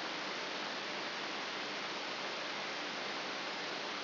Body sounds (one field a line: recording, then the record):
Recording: brain microelectrode recording played as sound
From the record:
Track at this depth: inside the subthalamic nucleus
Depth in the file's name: 2.304 mm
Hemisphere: left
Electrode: 3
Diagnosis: Parkinson's disease